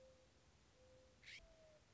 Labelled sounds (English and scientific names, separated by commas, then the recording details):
Mourning Dove (Zenaida macroura)
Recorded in Sonoma County, California